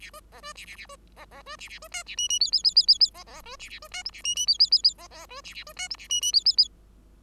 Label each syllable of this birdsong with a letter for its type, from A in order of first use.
A B C B A A A B C C B A A B D A E E F F F F F F C C B A A B D G A E E F F F F C C B A A B D G A E E F F F